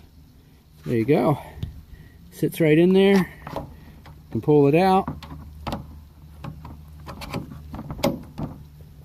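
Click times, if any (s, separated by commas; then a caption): 8.0 s. A trailer wiring plug is pulled out of its new plastic weather-protection plug holder mount and pushed back in while someone talks, with several small knocks and rattles in between. It almost clicks into place with a sharp knock at 8.0 s but stays loose underneath, so the plug can drain and dry if it gets wet.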